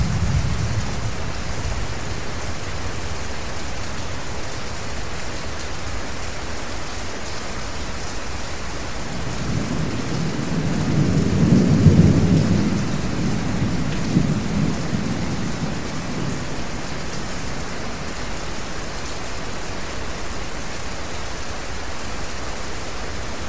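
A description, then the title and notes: Steady rain hisses evenly throughout, a dense, unchanging wash with a bright edge. A low rumble of thunder opens the recording, fades, then swells again from about ten seconds, peaking near twelve and rolling away by seventeen. Thunderstorm Sleep Sounds + Rain White Noise.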